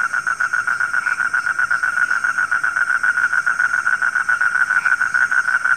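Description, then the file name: Frog calling in quick rhythmic pulses, about four per second, steady in pitch, with faint hiss in the background. Frogs heard at night. "suara kodok di malam hari"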